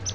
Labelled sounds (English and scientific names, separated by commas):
Palm Warbler (Setophaga palmarum) flight call